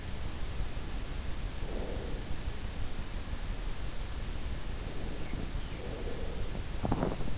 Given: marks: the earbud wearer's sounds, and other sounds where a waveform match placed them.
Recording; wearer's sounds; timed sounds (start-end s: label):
sounds in sleep by an in-ear microphone; breath, teeth grinding
1.38-2.64 s: breath
5.68-6.64 s: breath
6.64-7.38 s: teeth grinding